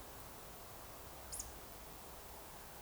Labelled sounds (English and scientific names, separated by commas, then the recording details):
Eurasian Woodcock (Scolopax rusticola) whistle
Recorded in Baden-Württemberg, Germany, on 29 June 2020 at 02:31 UTC
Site 43791, 788 m above sea level